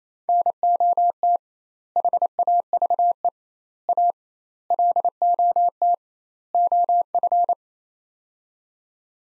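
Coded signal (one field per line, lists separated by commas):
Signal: Morse code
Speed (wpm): 28 wpm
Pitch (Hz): 700 Hz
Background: none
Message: NOT HAVE A LOT OF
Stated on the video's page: Practice sets of five words at 28 wpm with 2x word spacing, a Farnsworth-like method applied to words.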